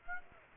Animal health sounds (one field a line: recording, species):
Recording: mosquito wingbeat signal from an infrared sensor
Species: Aedes aegypti